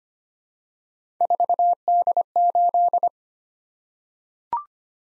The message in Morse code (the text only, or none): 4D8